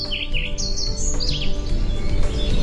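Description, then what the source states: European pied flycatcher song, bright high chirps and short slurred phrases in quick succession, mostly early, over a low rumbling background. Presented on the radio as a Bird of the Year candidate; endangered, heard less often; the presenter calls it very pretty.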